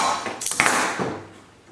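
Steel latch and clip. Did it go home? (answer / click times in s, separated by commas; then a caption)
released / 0.5 s, 0.6 s. The magazine release button on a Gew 88/S rifle with a modified Mannlicher magazine is pressed to unload it, with clicks at 0.5 s and 0.6 s. The cartridge clip then pops out of the magazine with a loud metallic ping that rings and fades over the next second. The clip is released and the magazine is unloaded.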